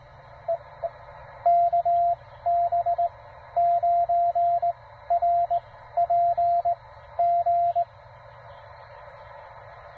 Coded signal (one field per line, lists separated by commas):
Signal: Morse code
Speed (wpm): 17 wpm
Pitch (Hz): 690 Hz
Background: radio noise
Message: EE KB9RPG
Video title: 7 June Parks on the Air in CW